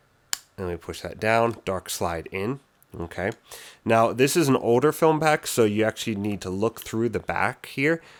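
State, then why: Seated. A loaded 120 film insert, fitted into an older medium-format film back after some adjusting and lifting the dark slide slightly, clicks into place with a sharp snap at 0.3 s. Someone then talks for the rest of the clip. The insert is seated.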